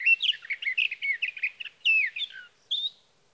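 Sage thrasher with a fast, jumbled warbling song of varied slurred notes, ending with a falling phrase and a lone higher note after a short gap.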